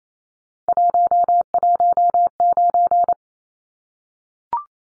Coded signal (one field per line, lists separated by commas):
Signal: Morse code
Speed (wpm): 28 wpm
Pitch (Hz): 700 Hz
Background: none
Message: 119